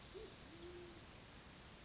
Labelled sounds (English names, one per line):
Band-tailed Pigeon